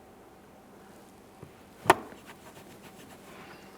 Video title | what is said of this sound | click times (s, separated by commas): How to Replace Cabin Air Filter Cover 2015-2020 Ford F-150 | position couple light presses on each side here confirming that we're locked in perfectly seated | 1.9 s